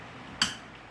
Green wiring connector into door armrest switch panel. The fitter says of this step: just snap it in there great